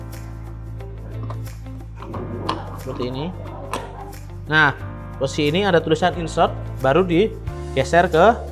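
A portafilter is handled at the group head of a Ferratti Ferro FCM2009B espresso machine, inserted at the "Insert" mark and about to be turned right toward "Lock." Faint metallic taps and knocks come through over background music while someone talks. Nothing has seated or clicked yet; the clip ends before the portafilter is locked home.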